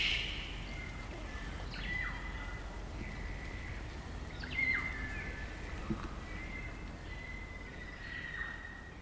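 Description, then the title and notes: Kaka chorus of drawn-out whistles and sliding notes, several overlapping tones held steady, with a few sharper descending calls against a low background hiss. Eerie dusk chorus of kakas, a large parrot, singing in late spring at Karori Sanctuary near Wellington, New Zealand. "It's late spring at the Karori Sanctuary near Wellington, New Zealand and the kakas – a large species of parrot – are singing their eerie dusk chorus. BBC Countryfile Magazine's Sound Escapes Recorded by Margaret Bartlett."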